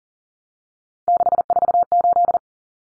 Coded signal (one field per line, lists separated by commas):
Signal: Morse code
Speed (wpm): 40 wpm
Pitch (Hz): 700 Hz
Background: none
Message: 648